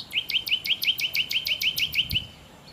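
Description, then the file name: Common nightingale song: a rapid series of many repeated rising whistled notes with clicky overtones, delivered evenly over two seconds, then a quiet pause. "Nachtigall"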